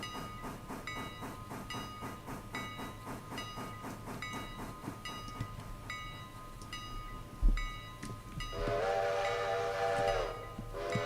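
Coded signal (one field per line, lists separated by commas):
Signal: train horn signal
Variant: steam locomotive whistle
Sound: steam engine chuffing steadily, then one long steam whistle blast near the end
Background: locomotive chuffing, metallic clanks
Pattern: 1 long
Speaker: that was a bad bad whistle signal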